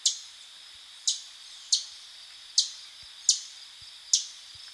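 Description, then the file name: Canada warbler giving sharp, high chip calls, six short notes spaced roughly a second apart over a quiet background. "Canada Warbler - Cardellina canadensis"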